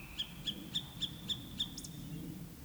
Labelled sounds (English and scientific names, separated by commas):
Eurasian Woodcock (Scolopax rusticola) whistle, Eurasian Woodcock (Scolopax rusticola) croak